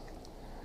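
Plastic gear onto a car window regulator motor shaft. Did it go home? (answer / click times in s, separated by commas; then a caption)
yes / 0.2 s. During a window regulator rebuild on a 2006 Mazda 3, a replacement plastic gear is slid down onto the window regulator motor shaft and given a small push. It pops into place with a brief, sharp click at 0.3 s over a steady low background hum. The gear is seated.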